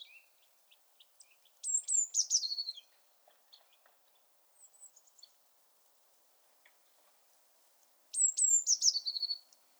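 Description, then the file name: Eurasian blue tit calls twice, each a high thin start dropping into a buzzy churr, with soft ticks and scattered faint notes between them. "Cyanistes caeruleus"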